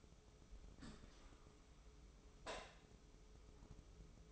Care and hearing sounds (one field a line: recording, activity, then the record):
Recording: daily activity, microphone in the room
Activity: open dishwasher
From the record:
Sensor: 1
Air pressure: 995.9 hPa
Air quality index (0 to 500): 65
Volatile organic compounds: 3 ppm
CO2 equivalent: 1318 ppm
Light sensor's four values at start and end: 32/110/42/45 and 32/110/42/45